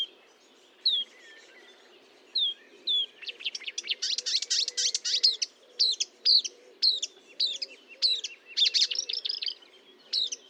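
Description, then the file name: Marsh warbler song, scattered whistled notes giving way to a dense, rapid jumble of sharp clicks and buzzes, ending in repeated quick chirped figures. Recorded at Fontaine-Française (Fourneau), 1 June 2022 at 10:55, with a Nagra recorder and Telinga microphone. "Rousserolle verderolle 20220601 1055 Fontaine-Francaise-Fourneau-Nagra-Telinga"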